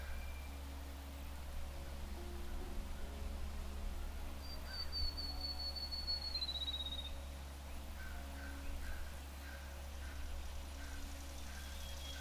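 Birds call over a steady low rumble that runs the whole time. A long, high whistle slides downward around the middle, and a quick series of short repeated chirps follows near the end. Faint, thin tones sit quietly underneath.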